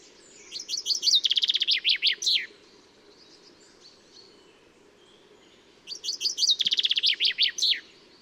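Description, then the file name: Common chaffinch singing twice, each strophe a rattling series of high notes gathering pace before a descending flourish. "Fringilla coelebs"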